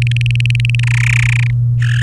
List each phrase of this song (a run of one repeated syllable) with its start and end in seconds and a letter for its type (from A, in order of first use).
0.02-0.80 A, 0.83-1.51 B, 1.82-2.02 C